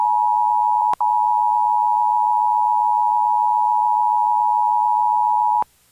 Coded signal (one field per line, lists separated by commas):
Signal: Emergency Alert System (SAME) tones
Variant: 853 and 960 Hz attention tone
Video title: San Francisco Bay Area RMT over KQED via VHS (EAS #96)